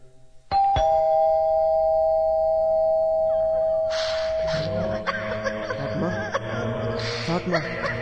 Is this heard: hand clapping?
no